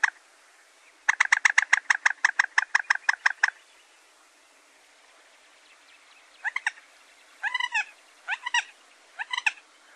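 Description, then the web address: Common moorhen giving a fast run of many sharp, even clucks, then a pause and several short, doubled notes. "Gallinule. poule d'eau"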